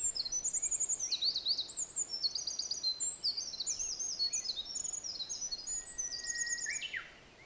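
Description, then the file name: Olive-backed Pipit song, a fast, jumbled series of high, zipping trills and buzzes, ending with a lower, drawn-out, falling note before the song fades. Recorded at Mt Hinoki. "Indian Tree Pipit At Mt Hinoki"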